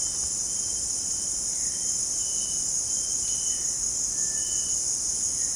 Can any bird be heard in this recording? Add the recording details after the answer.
no. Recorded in dense forest near Puerto Asís, Putumayo, Colombia, on 23 June 2025 at 17:30. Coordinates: 0.499, -76.324. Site G100